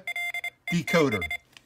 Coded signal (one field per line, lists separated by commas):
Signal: Morse code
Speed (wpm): 25 wpm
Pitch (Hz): 2100 Hz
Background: speech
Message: LETS